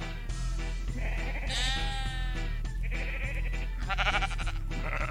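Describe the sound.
A person imitates a sheep, letting out a series of loud, quavering bleats with a wobbling, nasal pitch, several in a row over a steady low hum.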